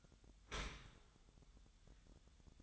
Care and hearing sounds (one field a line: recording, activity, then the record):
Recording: daily activity, microphone in the room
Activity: open dishwasher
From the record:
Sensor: 3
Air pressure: 1004.6 hPa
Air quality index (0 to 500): 107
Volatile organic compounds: 4 ppm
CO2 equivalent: 1679 ppm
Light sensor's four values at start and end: 7/17/7/6 and 7/17/7/6